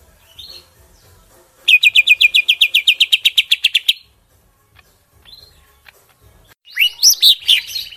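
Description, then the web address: Greater green leafbird giving a fast, steady series of repeated notes for about two seconds, then a pause and a burst of sharp slurred chirps. From Kalimantan. "cucak-ijo suara-cucak-ijo-kalimantan"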